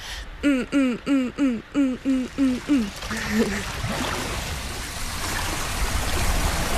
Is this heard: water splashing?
yes